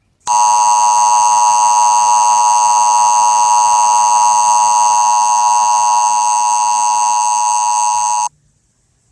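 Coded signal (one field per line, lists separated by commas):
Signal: Emergency Alert System (SAME) tones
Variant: 853 and 960 Hz attention tone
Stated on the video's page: Fictional EAS scenario, presented live and uncut.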